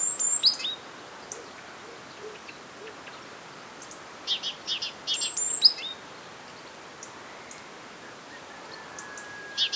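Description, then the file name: Great tit calls: short bursts of high, sharp chipping notes with thin downslurred whistles near the start and again around four to six seconds, quiet in between. "Parus major"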